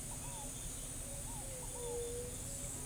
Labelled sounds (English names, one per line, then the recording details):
Pale-vented Pigeon
White-tipped Dove
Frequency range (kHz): Pale-vented Pigeon 0.7-1.2 kHz; White-tipped Dove 0.4-0.7 kHz
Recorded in forest near Pivijay, Magdalena, Colombia, on 3 June 2023 at 07:00
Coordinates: 10.467, -74.380
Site Z5-G034